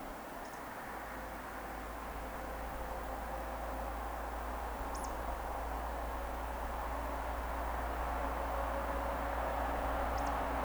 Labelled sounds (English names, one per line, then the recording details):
Eurasian Woodcock whistle
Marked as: whistle, whistle, whistle
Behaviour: display flight
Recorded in Baden-Württemberg, Germany, on 30 May 2021 at 20:14 UTC
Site 43323, 910 m above sea level